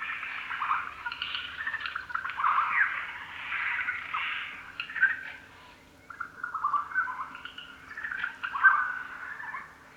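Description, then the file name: Eurasian jay uttering raspy churring phrases, a brief pause, then more rough calls mixed with thin whistled notes. "Garrulus glandarius"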